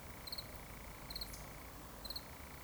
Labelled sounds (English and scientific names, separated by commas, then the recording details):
Eurasian Woodcock (Scolopax rusticola) whistle
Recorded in Baden-Württemberg, Germany, on 11 June 2020 at 20:37 UTC
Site 24578, 122 m above sea level